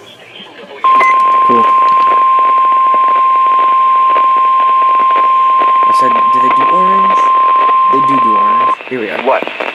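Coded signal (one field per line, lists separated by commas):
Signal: Emergency Alert System (SAME) tones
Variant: 1050 Hz attention tone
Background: speech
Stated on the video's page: Severe weather EAS alerts from Maine-area stations, including distant reception of weather radio station WXJ40 in central New Hampshire.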